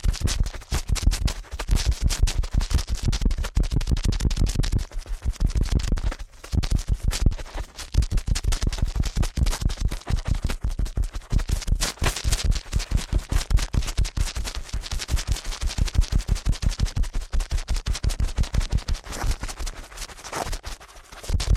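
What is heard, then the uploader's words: Rapid ear cleaning fills the clip with a dense, fast stream of scratchy, crackling strokes that barely let up, each one sharp and rough with a heavy low rumble underneath. Brief gaps break the rhythm around six and seven seconds and again near the end. ASMR Ear Cleaning at Helicopter Speed.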